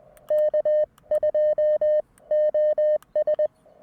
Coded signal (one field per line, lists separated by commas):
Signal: Morse code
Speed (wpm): 20 wpm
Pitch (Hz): 590 Hz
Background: none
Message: K2OS